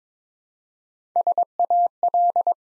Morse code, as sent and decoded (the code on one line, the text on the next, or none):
... .- .-..
SAL